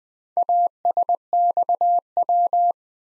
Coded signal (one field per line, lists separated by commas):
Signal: Morse code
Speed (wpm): 20 wpm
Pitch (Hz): 700 Hz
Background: none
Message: ASXW